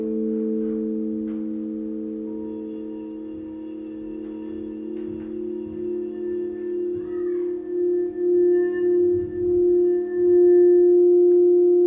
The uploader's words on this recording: This is a LIVE 60 minute Sound Bath recorded at Common Bond Yoga in Springfield, OR.